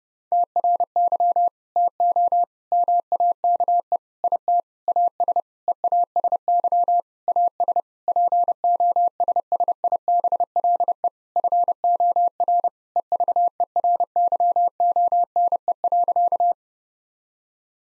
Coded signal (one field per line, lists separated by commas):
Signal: Morse code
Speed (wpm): 32 wpm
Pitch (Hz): 700 Hz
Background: none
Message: TRY TO MAKE IT AS EASY AS POSSIBLE FOR EVERYONE.